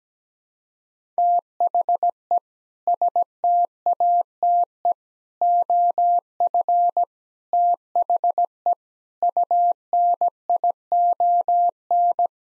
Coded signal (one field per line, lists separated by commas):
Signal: Morse code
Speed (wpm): 17 wpm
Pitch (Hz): 700 Hz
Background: none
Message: THE STATE OF THE UNION